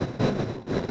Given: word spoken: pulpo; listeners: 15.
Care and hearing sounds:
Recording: one Spanish word in noise, from a listening test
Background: noise modulated by one talker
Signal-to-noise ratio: -11.1 dB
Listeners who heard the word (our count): 1 of 15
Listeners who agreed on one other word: 7 of 15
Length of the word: 0.51 s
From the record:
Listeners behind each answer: 7, 2, 1, 1, 1, 1, 1, 1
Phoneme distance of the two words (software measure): 37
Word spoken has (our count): 2 syllables, 5 phonemes, stress on syllable 1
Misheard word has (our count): 2 syllables, 6 phonemes, stress on syllable 1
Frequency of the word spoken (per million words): 3.03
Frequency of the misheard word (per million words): 858.00

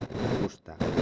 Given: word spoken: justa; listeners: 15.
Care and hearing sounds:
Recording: one Spanish word in noise, from a listening test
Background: noise modulated by one talker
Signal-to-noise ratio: -7.2 dB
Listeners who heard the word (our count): 3 of 15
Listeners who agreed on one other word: 8 of 15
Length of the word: 0.62 s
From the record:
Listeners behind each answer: 8, 3, 2, 1, 1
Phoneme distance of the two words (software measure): 10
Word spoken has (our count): 2 syllables, 5 phonemes, stress on syllable 1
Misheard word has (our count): 2 syllables, 5 phonemes, stress on syllable 1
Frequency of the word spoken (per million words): 18.30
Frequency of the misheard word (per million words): 83.56

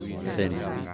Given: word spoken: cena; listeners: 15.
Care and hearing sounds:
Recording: one Spanish word in noise, from a listening test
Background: eight-talker babble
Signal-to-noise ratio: 1.0 dB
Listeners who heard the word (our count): 0 of 15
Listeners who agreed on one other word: 7 of 15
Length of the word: 0.54 s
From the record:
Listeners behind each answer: 7, 1, 1, 1, 1, 1, 1, 1, 1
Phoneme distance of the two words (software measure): 17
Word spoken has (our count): 2 syllables, 4 phonemes, stress on syllable 1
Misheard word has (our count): 2 syllables, 5 phonemes, stress on syllable 1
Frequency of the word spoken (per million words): 37.84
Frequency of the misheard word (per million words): 173.67

